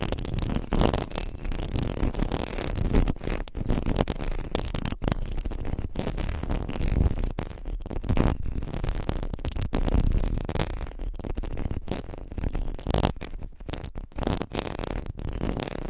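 Microphones are scratched and rubbed continuously, making a dense, rough scraping noise that stays strong in the low and middle range. Brief dropouts and sharp breaks occur every second or so, and the rubbing texture shifts as different covers are handled.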